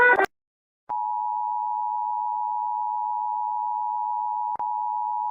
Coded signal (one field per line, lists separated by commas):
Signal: Emergency Alert System (SAME) tones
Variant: 853 and 960 Hz attention tone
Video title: Eas alarm